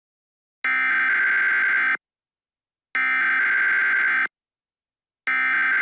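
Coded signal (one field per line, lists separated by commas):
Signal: Emergency Alert System (SAME) tones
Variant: header bursts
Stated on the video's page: Fictional mock alert scenario.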